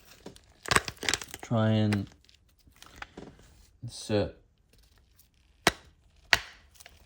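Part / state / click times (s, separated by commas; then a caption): bin lid into the vacuum's dust bin / seated / 6.3 s. The plastic bin lid of a Dyson V8 cordless stick vacuum is inserted into the vacuum's dust bin with rustling and handling sounds while someone talks. The lid is then pushed up, and a sharp knock at 5.7 s is followed by the catch clicking shut at 6.3 s, showing the lid is seated and works.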